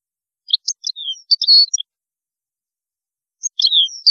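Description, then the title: European goldfinch song: a quick jumble of high tinkling notes and slurred whistles, then a pause and another short twittering phrase. "Chant Chardonneret"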